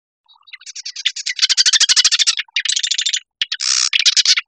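Marsh wren producing a nearly continuous rapid, grating rattle of clicking notes, broken by two brief pauses, with a buzzy burst near the end.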